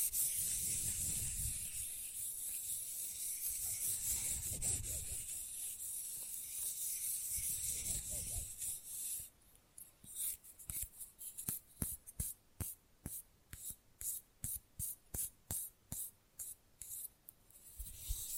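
Fast, rough nail filing fills the first nine seconds as a steady, bright scratching hiss with dull low thumps beneath it. Then the filing gives way to quick, regular nail taps, sharp clicks arriving about twice a second until the end.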